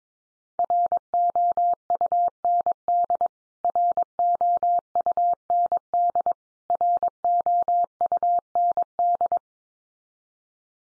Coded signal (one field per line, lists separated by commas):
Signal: Morse code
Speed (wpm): 22 wpm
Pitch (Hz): 700 Hz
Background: none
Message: ROUND ROUND ROUND